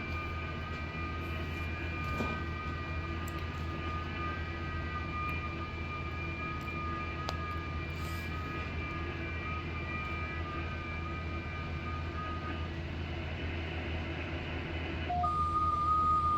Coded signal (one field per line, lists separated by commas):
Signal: FT8